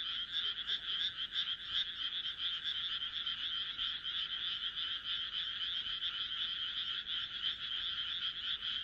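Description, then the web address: Frog chorus, rasping pulsed croaks blending into a continuous churr. "kaeru kaeru"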